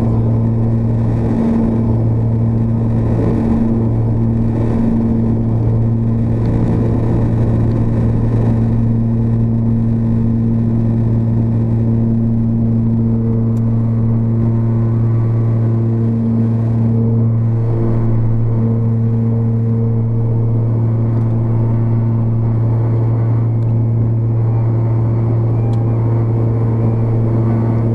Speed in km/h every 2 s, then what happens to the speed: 58, 76, 98, 114, 134, 150, 171, 190, 201, 209, 216, 219, 222, 227.
0-28 speeds up to 227.